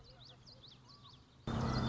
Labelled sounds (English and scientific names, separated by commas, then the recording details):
Common Yellowthroat (Geothlypis trichas)
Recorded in Sonoma County, California